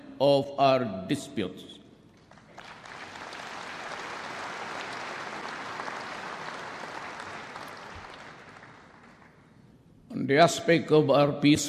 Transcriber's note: applause